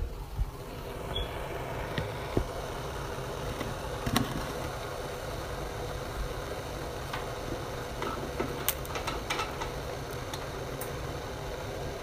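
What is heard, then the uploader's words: Making an egg sandwich and tea: a steady low rumbling hum throughout, with scattered sharp clicks and taps, more frequent near the end. I make a egg sandwich and a cup of tea.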